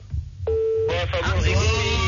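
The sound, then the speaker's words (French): A steady, low-pitched telephone dial tone hums for about half a second, then breaks off as voices start talking over a faint background rumble. “Il y avait la tonalité là.”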